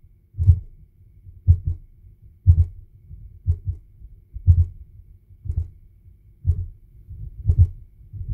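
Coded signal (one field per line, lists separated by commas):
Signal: radio time signal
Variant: DCF77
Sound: low dull thumps once per second, eight in all, over a low rumble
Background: radio static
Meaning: Once-per-second pulses; long and short pulses encode ones and zeros giving time and date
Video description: impulzy pro rádiově řízené hodiny jsou pomalé - mají nízkou frekvenci. Interval je s atomovou přesností 1 sekunda (tj. vzdálenost náběžných hran impulzů). K tomu některý impulz přijde delší (200ms), jiný kratší (100ms). Tím se od sebe liší digitální jedničky a nuly se zakódovanou informací o hodinách včetně datumu.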